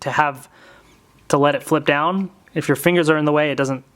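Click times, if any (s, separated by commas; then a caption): none. Someone talks while handling a plastic transforming toy cycle, getting ready to let its plastic tire piece flip down with fingers out of the way. Only speech is heard, with no click or impact sound. Nothing has seated or clicked yet, and the tire has not snapped into place.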